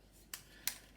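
A split plastic wheel cap on a Bugaboo Ant stroller is lined up by its pegs with the slots around the central axle and pushed on. A short sharp click sounds at 0.3 s, then a louder click at 0.7 s as the cap seats onto the axle.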